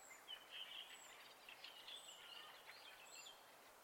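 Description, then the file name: Birds sing a brief, quiet warbling phrase with a bright whistled note, while several faint high downslurred notes sound against steady hiss. Recorded at night in spring. "Fugler Natt Vaar"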